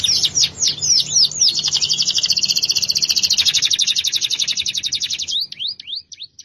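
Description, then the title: Canary singing a long, rapid high trill introduced by sweeping chirps, ending in a few separate rising whistled notes. "Kenari"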